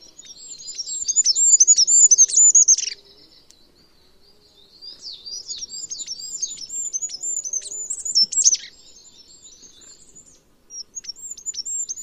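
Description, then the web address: Bird chirping in rapid high-pitched bursts, thin twittering notes tumbling together for about three seconds, a pause, then a longer run and a brief final flurry. "Bird Only"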